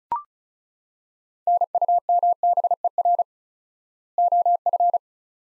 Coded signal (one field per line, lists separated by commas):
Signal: Morse code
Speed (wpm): 36 wpm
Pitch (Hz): 700 Hz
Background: none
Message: NUMBER OF